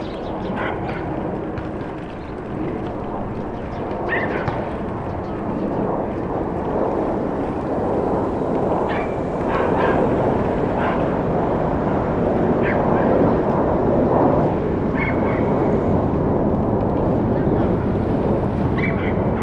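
City ambience from a Brooklyn rooftop at Starr Street and Irving Avenue: a dense, steady low roar of traffic that swells slightly after ten seconds, perhaps with an aircraft. Faint voices and short bright chirps come through every few seconds.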